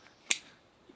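A metal carabiner gate snaps shut against its nose in climbing footage, giving one sharp, bright metallic click at 0.3 seconds that rings briefly in the high frequencies. The gate is closed, and there is only faint low noise before and after.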